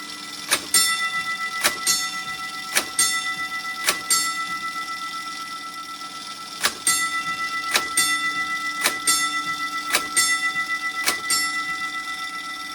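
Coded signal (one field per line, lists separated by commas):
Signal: coded fire alarm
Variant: Gamewell box gong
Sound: metallic gong strokes about a second apart, each ringing on with bell overtones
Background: mechanical clicking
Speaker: The box would have then sent the specific code 345 to the alarm office. This would activate the fire patrol. As you can see in the video, the register would punch 3 times, pausing, punch 4 times, pausing, and punch 5 times. This would repeat 3 more rounds after the first round. The gong will repeat the same process. 3 strikes, pause, 4 strikes, pause, and 5 strikes. Now enough of the history. Let's get to the fun stuff.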